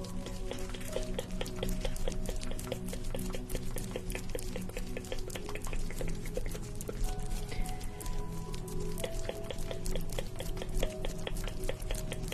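Wet sounds of a facial treatment with cream and massage: a dense, steady stream of tiny sticky clicks and crackles runs throughout. A low hum sits underneath, with faint tones drifting in and out. The level stays even the whole time.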